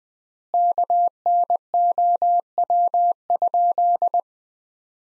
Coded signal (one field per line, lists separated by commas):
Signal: Morse code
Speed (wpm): 20 wpm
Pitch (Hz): 700 Hz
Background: none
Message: KNOW?